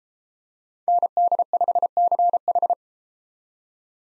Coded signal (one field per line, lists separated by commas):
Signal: Morse code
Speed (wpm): 29 wpm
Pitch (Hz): 700 Hz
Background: none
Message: ND5CH